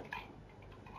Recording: background sound without coughing